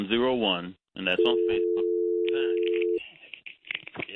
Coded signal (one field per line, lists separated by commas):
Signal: telephone call progress tone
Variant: North America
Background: speech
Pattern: dial tone